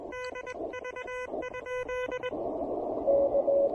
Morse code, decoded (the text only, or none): DV?